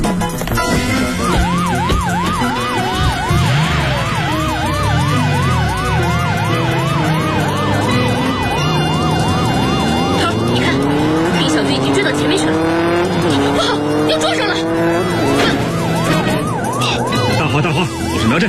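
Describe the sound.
A car races to intercept a fleeing suspect, a rising and falling siren wailing steadily over loud engine roar, tires squealing as it speeds through the chase, with shouted voices mixed in.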